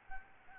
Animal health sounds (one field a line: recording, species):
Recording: mosquito wingbeat signal from an infrared sensor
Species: Aedes albopictus